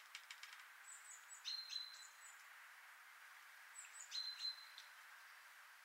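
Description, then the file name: Great tit calls: two brief bursts of thin, high notes with a short whistled note, about three seconds apart, over a steady background hiss. "Parus major"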